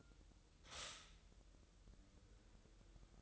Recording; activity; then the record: daily activity, microphone in the room; stop toaster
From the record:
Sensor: 3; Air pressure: 988.6 hPa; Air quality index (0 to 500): 195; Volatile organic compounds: 306 ppm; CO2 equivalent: 4493 ppm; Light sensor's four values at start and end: 23/72/30/26 and 23/72/30/26